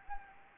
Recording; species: mosquito wingbeat signal from an infrared sensor; Anopheles gambiae